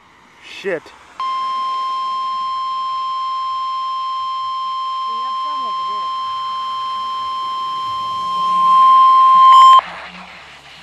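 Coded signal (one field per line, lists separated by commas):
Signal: Emergency Alert System (SAME) tones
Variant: 1050 Hz attention tone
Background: speech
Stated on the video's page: Real Severe Thunderstorm Warning received on a WR 120 weather radio, which reset after battery loss, with background noises.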